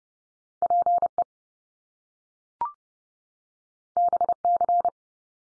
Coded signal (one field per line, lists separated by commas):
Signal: Morse code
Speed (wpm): 30 wpm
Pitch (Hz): 700 Hz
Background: none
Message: PE BC